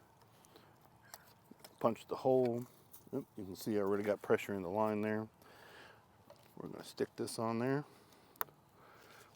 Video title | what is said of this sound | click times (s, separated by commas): Planting Snow Peas and Green beans | Get it clicked into place, kind of open up this valve a little bit, | 8.4 s